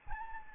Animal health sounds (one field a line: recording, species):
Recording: mosquito wingbeat signal from an infrared sensor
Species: Aedes albopictus